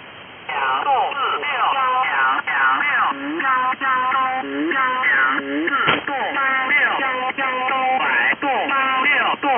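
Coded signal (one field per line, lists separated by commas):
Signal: numbers station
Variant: VC01, Chinese robot voice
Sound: fast synthetic voice reading short Chinese number words in rapid succession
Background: radio static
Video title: Chinese Robot number station VC01 | Signal Phantom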